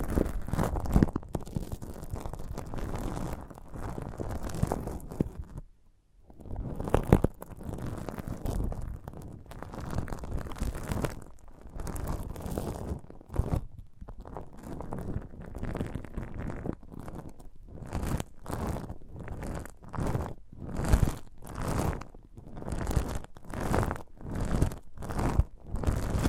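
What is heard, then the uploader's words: A sprouted coconut is handled and broken up for ASMR, with dense crackling, tearing and crunching sounds. A brief pause comes near six seconds. From about seventeen seconds on, the sound turns into sharp, bright crunches repeating roughly once a second. ASMR of a Sprouted Coconut (No Talking).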